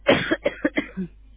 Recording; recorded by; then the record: voluntary cough; telephone call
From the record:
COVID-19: positive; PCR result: self-reported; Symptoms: no